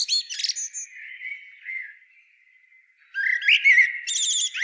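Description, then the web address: Common blackbird: a squeaky twitter, a soft drawn-out whistle, then a loud fluted phrase with rapid high trilling notes. "SETE Turdus merula"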